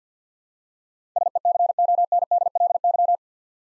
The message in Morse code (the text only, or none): SECONDLY